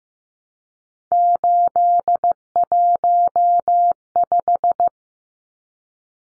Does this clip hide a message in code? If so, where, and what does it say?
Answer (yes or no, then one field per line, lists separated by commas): yes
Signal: Morse code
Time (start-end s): 1.1-4.9 s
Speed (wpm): 15 wpm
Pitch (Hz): 700 Hz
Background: none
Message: 815